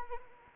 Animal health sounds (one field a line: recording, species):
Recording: mosquito wingbeat signal from an infrared sensor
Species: Anopheles arabiensis